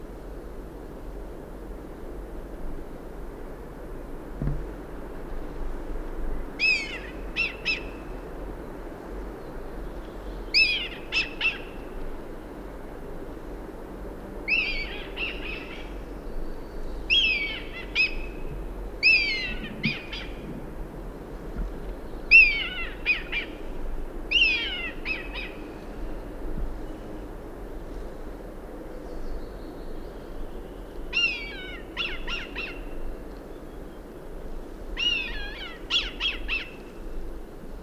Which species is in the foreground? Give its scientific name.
Milvus milvus